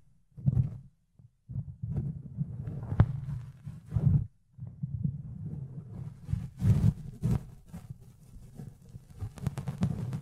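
Fluffy ear cleaning, with soft muffled rubbing and thumping that stays low and dull, broken by brief silent gaps near one and four seconds. Sharper scratchy crackles flare up now and then, clustering around six to seven seconds and again near the end.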